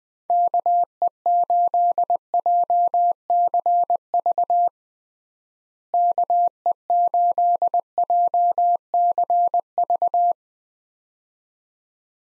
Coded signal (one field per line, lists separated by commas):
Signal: Morse code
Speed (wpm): 21 wpm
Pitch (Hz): 700 Hz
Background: none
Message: KE8JCV KE8JCV